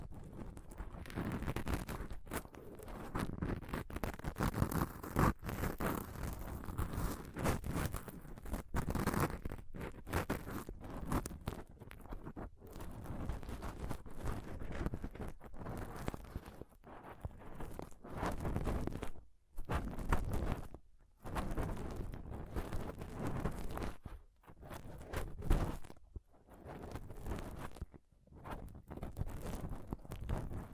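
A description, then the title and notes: Close-up scratching and rubbing on a microphone, dense and uneven, with hollow thumping knocks, rustling bursts and brief silent gaps throughout. ASMR Intense Mic Scratching & Touching Close-Up Mic Sounds (No Talking).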